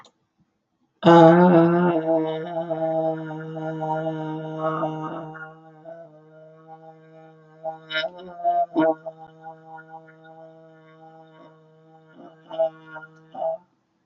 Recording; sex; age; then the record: vowel held as long as possible; female; 40 to 49 years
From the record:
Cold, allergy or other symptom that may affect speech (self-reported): no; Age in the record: 41 years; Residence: Florida, United States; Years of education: 16